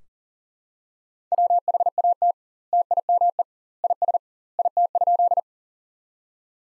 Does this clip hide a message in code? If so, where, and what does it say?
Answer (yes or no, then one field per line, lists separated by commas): yes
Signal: Morse code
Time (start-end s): 1.3-5.4 s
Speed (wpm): 37 wpm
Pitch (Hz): 700 Hz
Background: none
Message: WHAT TIME IS IT?